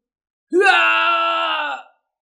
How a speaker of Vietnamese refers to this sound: Diệp Hàm thét dài, lại một lần nữa bị đánh nát người